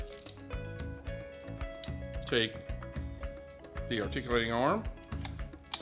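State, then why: Seated. Someone talks over background music while the quick-release end of an iFootage SpiderCrab articulating arm is slid onto its mounting clamp's plate, with a few light handling taps along the way. A sharp click at 5.7 s marks the arm locking into place, seated.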